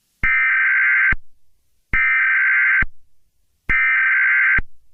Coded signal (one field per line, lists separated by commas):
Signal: Emergency Alert System (SAME) tones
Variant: header bursts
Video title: EAS Scenario: Twosday: (REMASTERED)